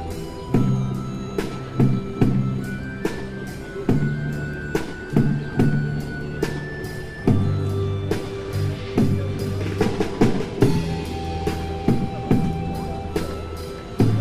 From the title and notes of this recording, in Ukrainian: Вечір біля головного корпусу НаУКМА. Запис зроблений біля пам'ятника Григорію Сковороді. Грає музика, багато перехожих. Вечір.